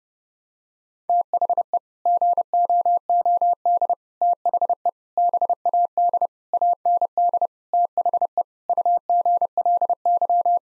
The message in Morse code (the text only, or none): THE GOOD THE BAD AND THE UGLY